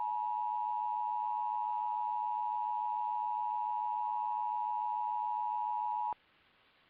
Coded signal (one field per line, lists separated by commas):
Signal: Emergency Alert System (SAME) tones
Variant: 853 and 960 Hz attention tone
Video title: WTVJ EAS Required Monthly Test（20231220）